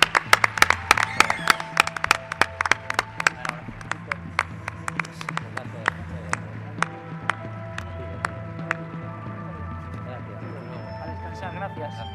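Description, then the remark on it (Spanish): An audience breaks into applause, a dense burst of sharp claps that gradually thins into scattered, sparser claps over a steady low background drone. “Un aplauso, Víctor Amela, un grande.”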